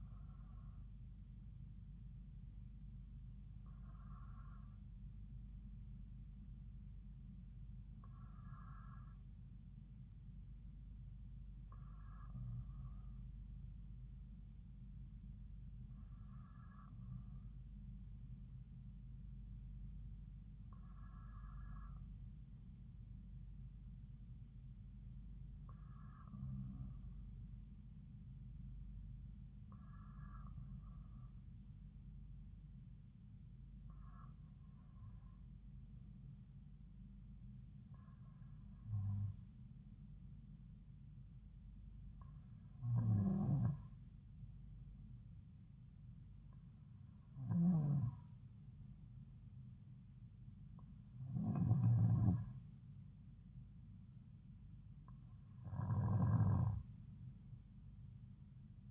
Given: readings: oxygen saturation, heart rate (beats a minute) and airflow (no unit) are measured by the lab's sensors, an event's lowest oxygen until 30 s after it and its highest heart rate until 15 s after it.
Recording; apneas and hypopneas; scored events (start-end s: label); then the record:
breathing in sleep by a smartphone at the bedside; none
none scored
From the record:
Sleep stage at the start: N2 (light sleep); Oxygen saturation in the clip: 93%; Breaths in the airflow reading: 14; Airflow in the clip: -3.5 to 3.0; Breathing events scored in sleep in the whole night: 270 in 6.1 hours asleep